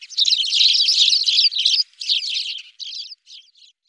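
Spanish sparrows chattering together, a dense mass of overlapping chirps that breaks into separate bursts and fades away over the last second.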